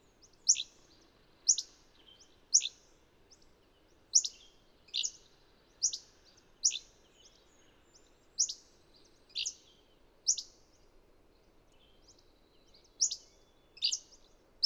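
Bird repeating piercing high chirps that slide downward, roughly one per second with a pause near the end, over quiet low background noise.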